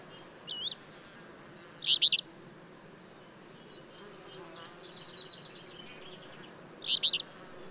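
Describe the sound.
Bird song in brief loud chirped bursts about five seconds apart, separated by softer whistled notes and faint twittering, over a constant background hiss.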